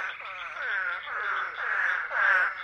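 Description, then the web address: Hurter's spadefoot calls, a series of wavering moaning notes that rise and fall, repeated about every half second. North America. "Songs of Frogs Toads of North America -Hurters Spadefoot"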